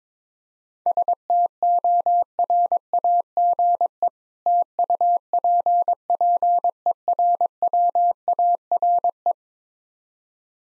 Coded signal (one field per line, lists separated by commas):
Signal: Morse code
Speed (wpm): 22 wpm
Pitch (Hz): 700 Hz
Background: none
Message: STORAGE TUPPERWARE